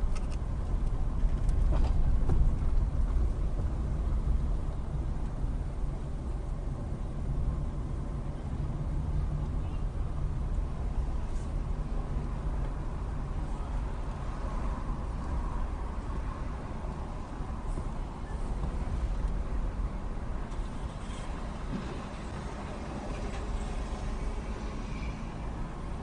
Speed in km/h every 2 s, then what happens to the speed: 11, 13, 15, 15, 11, 8, 8, 6, 5, 6, 6, 6, 3.
0-6 steady at about 13. 6-10 slows to 8. 10-26 steady at about 6.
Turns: 7-10.